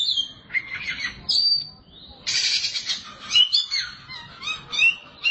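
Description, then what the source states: Oriental magpie-robin song mixing high whistles, falling slurs and a long rasping stretch, then sharp clipped notes near the end. Song of the kacer.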